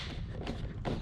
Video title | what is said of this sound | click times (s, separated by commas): Complete INTERIOR Chrome Delete Install Video - Must do MOD! | hear it lock into place | 0.5 s, 0.9 s